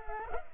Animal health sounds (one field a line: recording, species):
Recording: mosquito wingbeat signal from an infrared sensor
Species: Culex pipiens